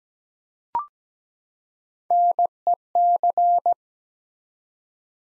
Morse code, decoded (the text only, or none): NEC